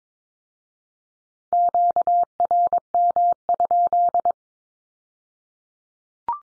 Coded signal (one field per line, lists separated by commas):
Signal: Morse code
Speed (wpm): 22 wpm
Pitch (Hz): 700 Hz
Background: none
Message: QRM?